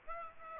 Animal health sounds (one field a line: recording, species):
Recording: mosquito wingbeat signal from an infrared sensor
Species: Aedes aegypti